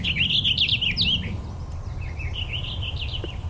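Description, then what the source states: Purple Finch song: a quick, bubbly warble of rising and falling notes, then a softer warbled continuation, over a low background rumble. Male singing a bubbly, warbly song to attract a mate and defend a territory; recorded where forest meets marshy wetland.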